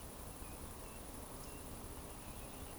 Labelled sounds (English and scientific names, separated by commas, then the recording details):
Eurasian Woodcock (Scolopax rusticola) whistle
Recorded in Baden-Württemberg, Germany, on 25 June 2020 at 20:01 UTC
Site 24578, 122 m above sea level